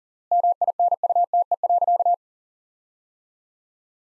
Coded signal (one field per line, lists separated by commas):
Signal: Morse code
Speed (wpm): 40 wpm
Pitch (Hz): 700 Hz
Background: none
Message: MINUTE.